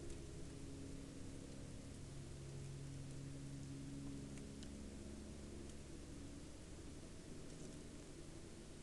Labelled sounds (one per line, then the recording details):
rain
aircraft
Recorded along the Dalton Highway, Alaska, on 2 October 2019 at 05:21
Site 02